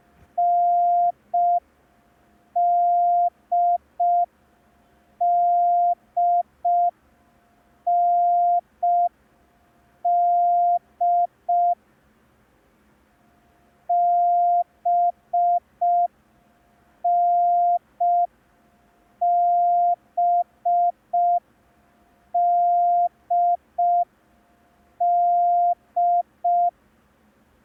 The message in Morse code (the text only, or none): NDDND BNBDD